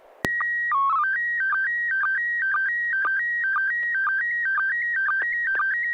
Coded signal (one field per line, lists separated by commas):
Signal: SSTV (slow-scan television)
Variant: PD 120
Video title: N6NA SSTV Net - 11/18/2020